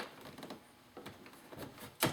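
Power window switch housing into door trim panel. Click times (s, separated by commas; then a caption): 2.0 s. A plastic power window switch housing is set nose-first under small hooks in the door trim panel of a Dodge Durango ('98-'03) or Dakota ('00-'04) during a front power window regulator replacement, then pressed down. Soft plastic taps and rustles are heard around 0.4–0.5 s, 1.1 s and 1.3 s, then a sharp, loud snap at 2.0 s followed by a lighter tap at 2.2 s. The switch bezel snaps into place and is seated.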